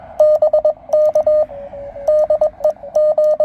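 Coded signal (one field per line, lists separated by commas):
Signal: Morse code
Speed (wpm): 21 wpm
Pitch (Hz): 610 Hz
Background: radio noise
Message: BK DEG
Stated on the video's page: SOTA activation with Venus SW-6B transceiver, Begali Traveller twin paddle and Diamond SD330 vertical whip covering 80 to 10 metres.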